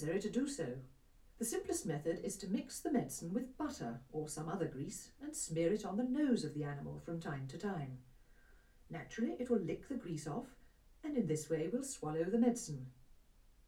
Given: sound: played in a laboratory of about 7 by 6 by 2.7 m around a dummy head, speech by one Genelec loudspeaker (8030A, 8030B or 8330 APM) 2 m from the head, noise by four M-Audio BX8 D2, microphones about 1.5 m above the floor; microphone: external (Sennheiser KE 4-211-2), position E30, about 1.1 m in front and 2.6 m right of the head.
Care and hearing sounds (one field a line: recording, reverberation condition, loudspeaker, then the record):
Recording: female speech in English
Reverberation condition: low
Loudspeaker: 120 degrees to the left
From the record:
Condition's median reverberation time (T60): about 310 ms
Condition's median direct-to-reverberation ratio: about 3.5 dB